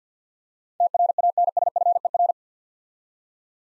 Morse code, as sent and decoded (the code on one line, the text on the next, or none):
- .-. .- -. ... ..-. . .-.
TRANSFER